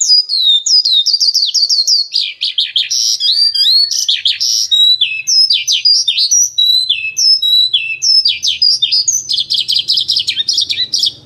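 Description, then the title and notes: Bird song, a long dense sequence of high trills, clipped chirps and slurred whistles, varied and fast, with a faint low hum in the background. Birdsong recording used to train (master) pet birds. "Suara Burung. Suara Kicauan Burung untuk memaster burung kesayangan"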